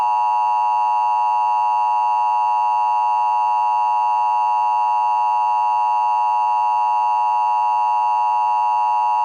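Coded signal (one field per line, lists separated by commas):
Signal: Emergency Alert System (SAME) tones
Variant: 853 and 960 Hz attention tone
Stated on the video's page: Fictional EAS scenario with valid, loud tones, made for entertainment.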